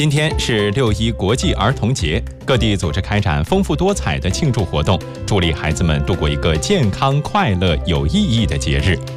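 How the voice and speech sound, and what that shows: A man reads a news item in Mandarin about International Children's Day celebrations. His delivery is fluent, steady and well paced in a clear, low voice, with only brief pauses between phrases. A soft musical bed plays underneath.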